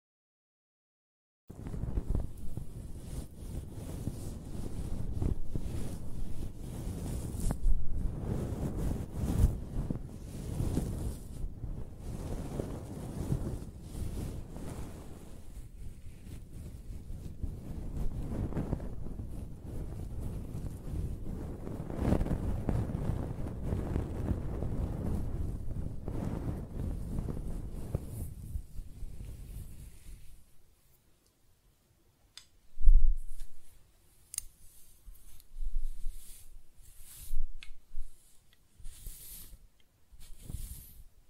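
Close-up hair sounds: a dense, low rushing rustle of brushing and stroking runs almost continuously for the first half minute, swelling and easing in uneven waves. After about 30 seconds it turns quieter and sparser, with separate scratchy bursts every few seconds.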